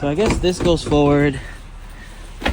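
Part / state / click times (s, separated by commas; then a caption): folding front seat back latch in a car / seated / 2.5 s. Someone talks while the folding front seat back of a Nissan S-Cargo small van is pushed forward, followed by quiet low rumble. At 2.5 s the seat back latch locks into place with a sharp snap, and the seat back is seated.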